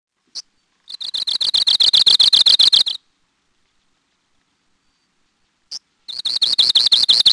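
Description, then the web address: Arctic Warbler giving a sharp single call note before each of two rapid, dry, evenly spaced trills, with a quiet gap between them. "Peterson North American Birds"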